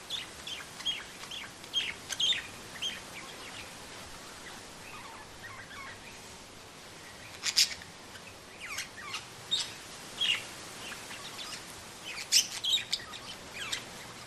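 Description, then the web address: Parrots chirping: scattered high chirps and a few louder calls over constant background noise. Two parrots chirping in the street, strong wind in the trees. "dos loros gorjean en la calle fuerte viento en los arboles"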